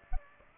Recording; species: mosquito wingbeat signal from an infrared sensor; Aedes aegypti